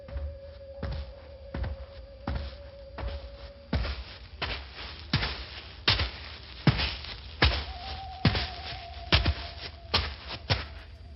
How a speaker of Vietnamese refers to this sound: đột nhiên lại nghe thấy phía sau có tiếng bước chân người.